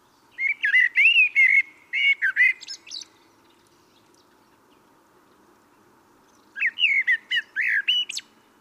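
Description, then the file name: Common blackbird song: a long fluted, warbling phrase with scratchy high notes, then a pause of over three seconds before a second shorter phrase. "Turdus merula"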